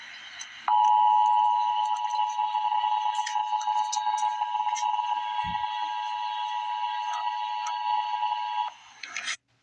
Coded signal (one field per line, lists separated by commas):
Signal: Emergency Alert System (SAME) tones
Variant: 853 and 960 Hz attention tone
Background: speech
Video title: Emergency Alert System - Special Weather Statement - Jan 23, 2025 at 6:38 PM EST